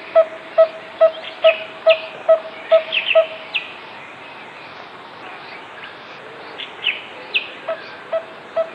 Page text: Coppersmith Barbet Song. Quick Sounds